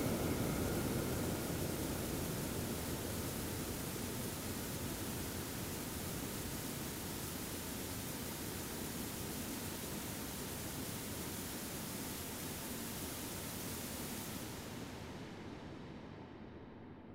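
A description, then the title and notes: A satellite undergoes acoustic testing, blasted by a dense, steady roar of noise that fills every range from deep rumble to bright hiss. The wall of sound holds nearly constant, then eases slightly after about fourteen seconds as the highest hiss drops away. ESA ESTEC Test Centre Sounds: CHEOPS space telescope acoustic testing (Mic 1). The majority of ESA spacecraft and satellites are tested at the ESA ESTEC Test Centre in Noordwijk, the Netherlands. This is the sound of ESA's CHEOPS - CHaracterising ExOPlanet Satellite - being tested in the Large European Acoustic Facility (LEAF).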